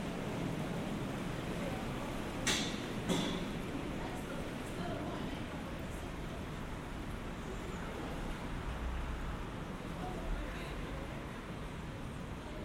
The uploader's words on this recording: Generative soundscape based on a two-dimensional random walk between four binaural soundscapes recorded at different locations in Geneva.